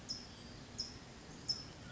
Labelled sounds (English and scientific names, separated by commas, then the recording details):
California Towhee (Melozone crissalis)
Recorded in Sonoma County, California